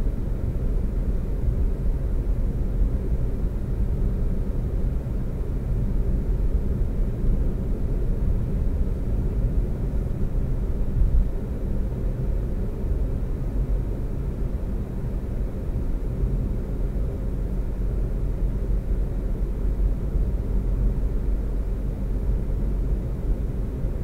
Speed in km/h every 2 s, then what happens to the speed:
66, 66, 66, 66, 66, 66, 66, 66, 66, 66, 66, 66.
0-24 steady at about 66.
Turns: none.